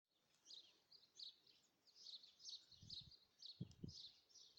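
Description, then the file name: Birds giving short high chirps, repeated steadily throughout, with a few low thumps in the second half. "Voegel"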